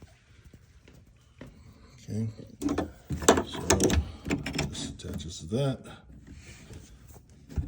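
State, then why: Not seated. A wiring harness connector is handled near the door lock actuator harness adapter inside the rear passenger side door of a 2018 Hyundai Kona during lock actuator replacement, while someone talks. Faint handling taps and rustles are heard throughout. Nothing has seated or clicked yet.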